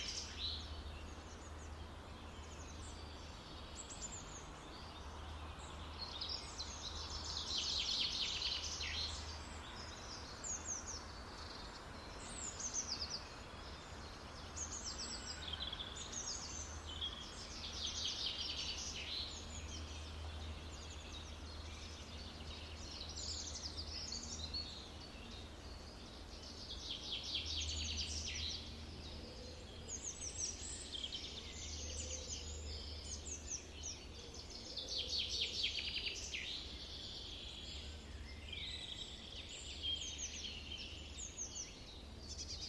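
Birds sing almost constantly through a warm autumn forest, bright chirps and trills overlapping in bursts every few seconds. Beneath them a steady low rumble of wind and traffic runs throughout, swelling slightly around the middle and near the end.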